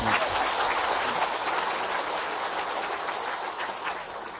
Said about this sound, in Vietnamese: Giỏi, cho chàng vỗ tay.